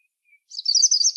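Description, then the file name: European robin giving a brief thin note, then a rapid high twittering warble that runs on to the end. "Erithacus rubecula"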